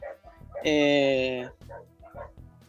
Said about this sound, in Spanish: Me ladran los perros acá. Váyanse, che, que estoy al aire.